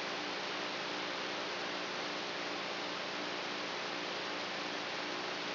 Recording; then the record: brain microelectrode recording played as sound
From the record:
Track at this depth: outside the subthalamic nucleus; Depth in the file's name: 0.806 mm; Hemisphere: right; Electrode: 3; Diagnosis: Parkinson's disease